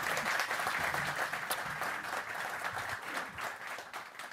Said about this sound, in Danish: vi sender jo direkte her fra salongen, den fine salon på Berlingske i Pilestræde 34 i Kongens København, hvor vi også har publikum på, et veloplagt publikum. Giv jer selv en hånd.